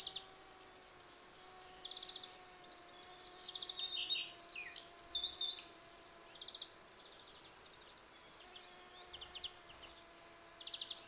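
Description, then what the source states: Field cricket song, rapid repeated chirps in a steady rhythm, while several birds sing and twitter behind it. Field crickets singing in a garden lawn at Val Maravel on 18 April 2020, three days into their singing, with fresh new wings giving clear stridulation; recorded on Nagra Seven with cardioid MKH40 microphone.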